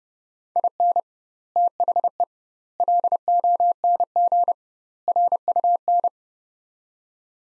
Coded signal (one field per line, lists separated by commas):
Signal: Morse code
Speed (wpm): 30 wpm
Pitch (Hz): 700 Hz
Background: none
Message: IN THE LONG RUN